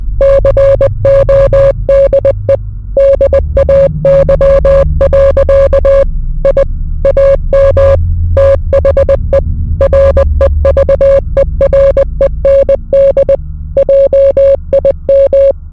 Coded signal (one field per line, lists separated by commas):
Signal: Morse code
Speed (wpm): 20 wpm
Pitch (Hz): 550 Hz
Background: none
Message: CODE DAY. I AM THE REVEREND JIM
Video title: The Time We Drank Ipecac at Ipecac Records or Learn Your Name In Morse Code (part 1 of 4)